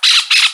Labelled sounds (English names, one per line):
Brown-throated Parakeet contact call